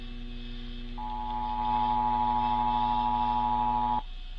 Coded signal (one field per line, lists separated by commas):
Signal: Emergency Alert System (SAME) tones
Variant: 853 and 960 Hz attention tone